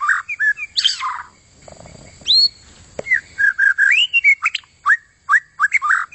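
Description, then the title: White-rumped shama delivering sweet whistled notes and harsh buzzy bursts, a short quiet gap, then a quick sequence of upslurred and looping whistles. Long song. "kicau murai batu panjang"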